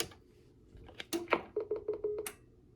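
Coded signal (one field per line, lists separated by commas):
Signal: roger beep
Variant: Stryker 955HPC, beep 1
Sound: button clicks, then a short, very low steady tone interrupted by several clicks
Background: button clicks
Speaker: program Roger beep. All right, we'll start at number 1.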